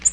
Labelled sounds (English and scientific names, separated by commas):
Nashville Warbler (Leiothlypis ruficapilla) flight call